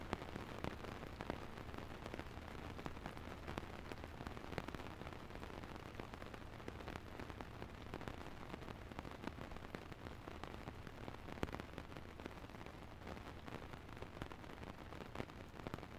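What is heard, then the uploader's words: Rain drums steadily on the top of a tent, a dense patter of countless small taps with sharper individual drops cracking through every second or so. The level stays even throughout, over a low, constant rumble underneath. The Sound of Camping In The Rain. The soothing sound of rain hitting the top of a tent.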